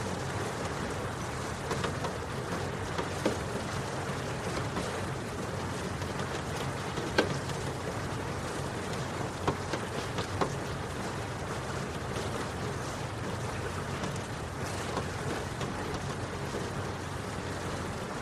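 Steady rain falls in a dense, even hiss with a low rumble underneath, scattered sharper drips popping out every few seconds.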